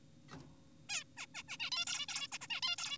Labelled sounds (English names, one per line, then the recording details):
Zebra Finch
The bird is an adult
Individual g4p5U